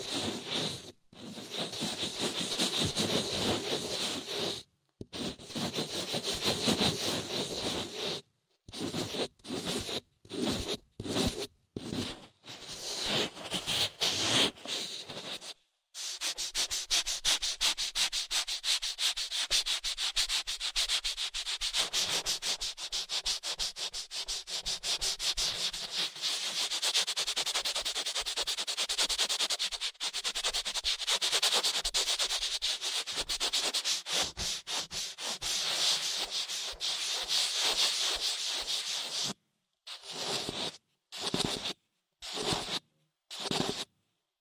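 Ear cleaning massage sounds: rough rubbing and scratching strokes with a bright, hissy texture, broken by brief silences in the first fifteen seconds. From about 16 to 39 seconds the rubbing runs continuously and fast, then short separated strokes return near the end.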